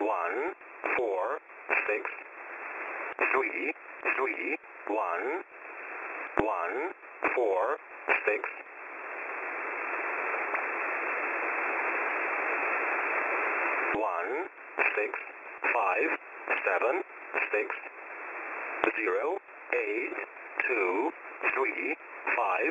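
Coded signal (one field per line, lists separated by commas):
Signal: numbers station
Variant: E07 English Man, English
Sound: male voice reading English digits one by one in radio hiss, with a noisy pause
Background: radio static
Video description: This is a regularly scheduled transmission of Russian sourced, English language, numbers station ENIGMA ID E07, also called the "English Man".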